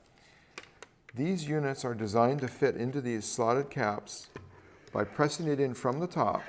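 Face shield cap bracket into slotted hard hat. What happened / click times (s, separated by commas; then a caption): The plastic bracket is handled but not yet seated / none. A plastic face shield cap bracket is handled beside a slotted hard hat, where it is meant to be pressed in from the top. Two short, sharp handling taps come at about 0.6 and 0.8 seconds before someone talks over a quiet background. Nothing has seated or clicked yet.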